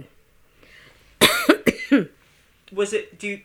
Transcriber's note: she coughs